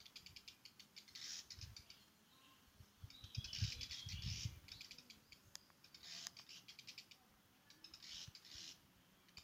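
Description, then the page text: Black redstart calls in short, high, crackly bursts with rapid ticking notes, repeated in groups every couple of seconds over low rumbling background noise. Ladakh. "black redstart – Birds of Ladakh"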